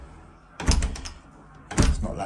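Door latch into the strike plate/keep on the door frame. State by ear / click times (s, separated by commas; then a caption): not seated / none. An old door on worn hinges is pushed closed twice, and its latch hits the strike plate (keep) on the door frame with a burst of thuds and rattles from about 0.6 to 1.1 s, then another thud at 1.8 s. The latch never catches, because the latch and bolt sit lower than the strike, so nothing has seated or clicked yet.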